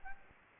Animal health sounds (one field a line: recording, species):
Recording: mosquito wingbeat signal from an infrared sensor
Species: Anopheles gambiae